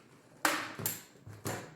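A Shark Rotator Lift-Away upright vacuum body is lowered onto its plastic power head, which snaps into place with a sharp click at 0.5 s. Two fainter knocks follow at about 0.9 s and 1.5 s. The power head is seated firmly.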